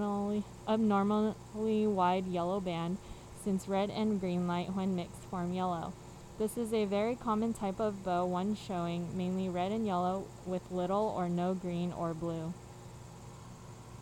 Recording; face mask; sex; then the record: reading aloud; surgical mask; female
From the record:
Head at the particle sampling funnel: facing it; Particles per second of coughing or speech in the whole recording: 0.0203